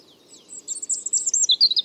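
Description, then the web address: European robin song: one quick, very high twittering phrase of thin notes and fast trills that grows louder toward the end. "Deverinetal 2025 File origin Bird Only Er Ru"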